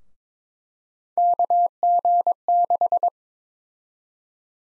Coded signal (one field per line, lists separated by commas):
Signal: Morse code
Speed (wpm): 22 wpm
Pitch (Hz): 700 Hz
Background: none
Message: KG6